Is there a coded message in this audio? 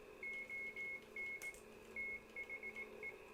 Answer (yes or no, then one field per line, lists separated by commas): yes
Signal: Morse code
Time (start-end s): 0.2-3.1 s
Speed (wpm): 18 wpm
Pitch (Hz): 2150 Hz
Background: none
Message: ON THE